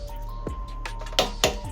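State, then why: Torque reached. A torque wrench set to 16 Nm tightens a brake pad retaining bolt in the front brake caliper of a 2004 GSX-R600 motorcycle. Softer contact sounds lead up to two sharp, bright clicks at 1.2 s and 1.4 s as the wrench reaches its setting, over a steady background tone. The bolt is tightened to the set torque.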